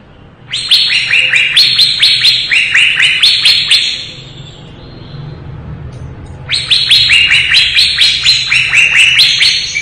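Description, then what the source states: Leafbird song in two bursts of rapid, stacked, rattling trills, the first about three seconds long, separated by a pause, over a low steady hum. Lively singing described as gacor, recorded in 2017.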